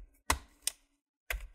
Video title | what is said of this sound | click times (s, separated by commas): lenovo ideapad flex 15iwl RAM UPGRADE Guide under 5min | around the front side you're gonna hear those snaps | 0.3 s, 0.7 s, 1.3 s